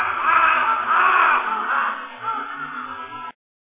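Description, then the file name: Large-billed crow uttering rough, drawn-out cawing notes that run together, fading toward the end before stopping abruptly. Recorded 10 July 2005. "Corvus macrorhynchos 2005-07-10"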